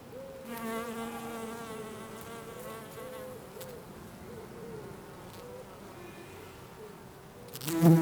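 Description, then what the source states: Bee buzzing, a droning hum that wavers gently in pitch and swells and fades, ending with a sudden loud burst of noise. Bees in a garden in Jette, Belgium, on a sunny summer day; recorded with Sony PCM-D100 internal microphones in wide position.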